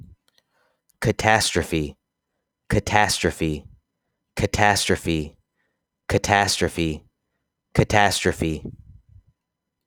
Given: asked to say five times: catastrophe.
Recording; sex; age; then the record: repeated word; male; 30 to 39 years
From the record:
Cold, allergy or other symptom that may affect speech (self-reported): no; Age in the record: 31 years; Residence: Texas, United States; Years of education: 16